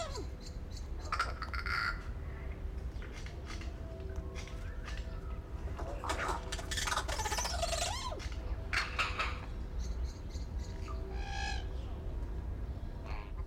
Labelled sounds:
Crested Oropendola
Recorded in captivity
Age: adult
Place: Zoo Berlin, Berlin, DE
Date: 1992-12-25 12:03
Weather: heiter, -7°C
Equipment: Marantz CP 430, Sennheiser ME 80, Kopie Uher Variocord 263
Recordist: Tembrock, Günter

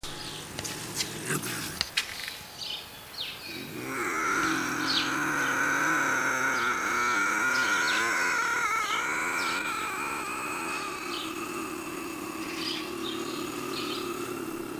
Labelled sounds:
Bobcat growling
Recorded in captivity
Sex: female
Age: adult
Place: Tierpark Berlin, Berlin, DE
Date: 1983-12-24 10:39
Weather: sunny, 1-3°C, no wind
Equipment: Nagra SN, Sennheiser MKH 416 T, Kopie Uher 4000 Report Monitor
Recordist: Tembrock, Günter

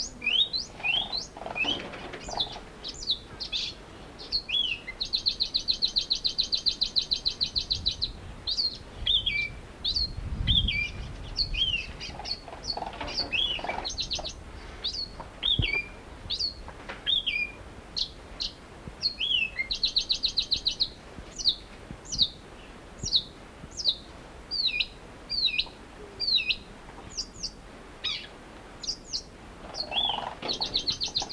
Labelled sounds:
Capped Wheatear song
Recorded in the wild
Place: Farm Bergquell
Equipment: Halbspur, 9,5 cm/s
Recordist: Lütgens, Hans
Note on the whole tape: Gesang, u.a. erregt

